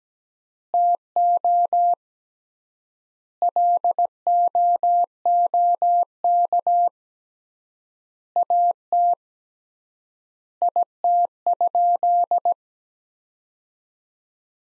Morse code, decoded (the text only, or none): TO LOOK AT IT?